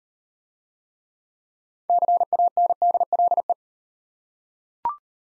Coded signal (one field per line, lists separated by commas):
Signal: Morse code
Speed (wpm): 39 wpm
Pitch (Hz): 700 Hz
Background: none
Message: CANDLE